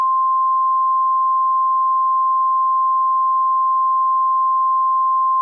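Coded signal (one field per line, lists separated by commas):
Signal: Emergency Alert System (SAME) tones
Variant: 1050 Hz attention tone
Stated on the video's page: Fictional EAS scenario alert.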